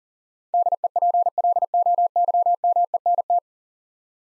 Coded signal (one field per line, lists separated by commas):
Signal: Morse code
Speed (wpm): 38 wpm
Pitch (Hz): 700 Hz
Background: none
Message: DEPLOYMENT